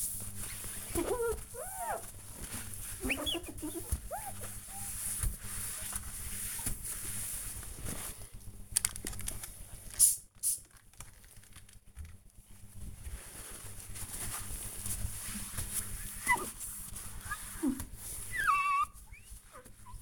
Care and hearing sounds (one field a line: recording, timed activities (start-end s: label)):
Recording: household activities, microphone on the right wrist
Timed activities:
0.00-20.02 s: window cleaning